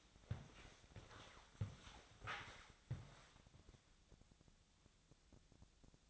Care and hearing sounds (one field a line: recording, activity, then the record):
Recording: daily activity, microphone in the room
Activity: walk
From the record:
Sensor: 3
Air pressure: 1000.5 hPa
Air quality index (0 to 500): 170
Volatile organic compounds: 3 ppm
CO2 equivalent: 1480 ppm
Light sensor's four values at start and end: 17/45/18/20 and 16/42/17/18